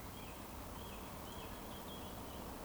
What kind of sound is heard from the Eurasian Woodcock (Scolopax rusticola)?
whistle